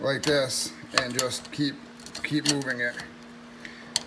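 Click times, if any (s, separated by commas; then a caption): 3.7 s, 4.0 s. On a 2008 Nissan Altima, a tool reaches through the top of the hood to keep moving and pressing the metal hood latch catch in the hood latch assembly while someone talks. Two sharp metallic clicks follow at 3.7 s and 4.0 s, the second much louder, as the latch mechanism clicks locked.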